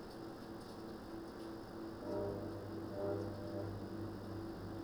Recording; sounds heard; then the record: poultry house recording; no chicken sound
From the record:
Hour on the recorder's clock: 21